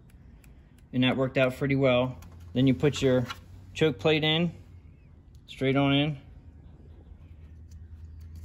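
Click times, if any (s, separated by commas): 8.4 s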